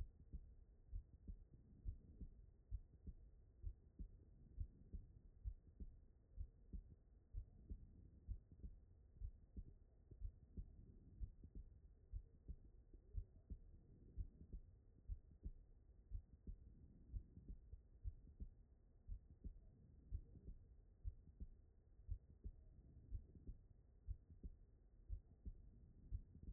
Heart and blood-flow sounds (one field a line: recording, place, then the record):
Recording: heart sounds by stethoscope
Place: aortic valve (AV)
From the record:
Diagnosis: non-HFrEF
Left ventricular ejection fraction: 64%